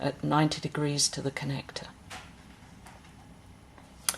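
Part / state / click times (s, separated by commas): plastic construction rod into a side-on connector / seated / 4.1 s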